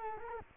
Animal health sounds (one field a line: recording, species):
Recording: mosquito wingbeat signal from an infrared sensor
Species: Culex quinquefasciatus